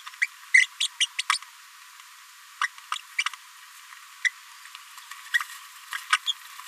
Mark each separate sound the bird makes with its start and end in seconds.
0.21-0.26, 0.54-0.66, 0.80-0.88, 1.00-1.06, 1.18-1.22, 1.32-1.38, 2.63-2.67, 4.24-4.29, 5.34-5.38, 5.95-5.97, 6.12-6.17, 6.27-6.32